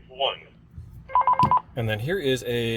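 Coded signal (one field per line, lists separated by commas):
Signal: none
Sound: a radio's beeps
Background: speech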